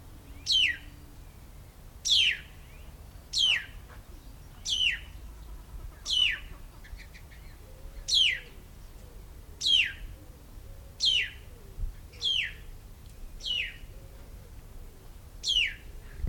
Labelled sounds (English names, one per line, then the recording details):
White-browed Laughingthrush call
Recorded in captivity
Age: adult
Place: Tierpark Berlin, Berlin, DE
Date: 1994-04-08 12:16
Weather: sonnig, 5°C
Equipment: Marantz CP 430, Sennheiser ME 80, Kopie Uher Variocord 263
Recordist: Tembrock, Günter